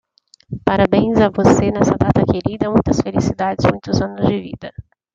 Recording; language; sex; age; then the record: short text; Brazilian Portuguese; female; 40 to 49 years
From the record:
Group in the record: control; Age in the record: 41 years